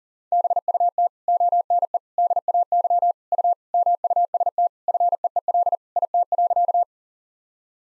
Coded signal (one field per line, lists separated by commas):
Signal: Morse code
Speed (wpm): 40 wpm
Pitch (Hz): 700 Hz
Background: none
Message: BUT ONE DAY U MUST FEEL IT.